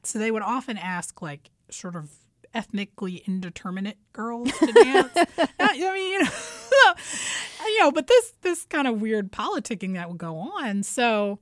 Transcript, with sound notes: So they would often ask, like, sort of ethnically indeterminate girls...
(Laughter).
...To dance, you know what I mean (laughter)? You know - but this kind of weird politicking that would go on.